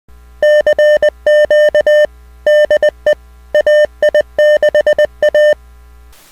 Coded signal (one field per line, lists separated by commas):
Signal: Morse code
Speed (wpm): 20 wpm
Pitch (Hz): 600 Hz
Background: none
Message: CQ DE AI6A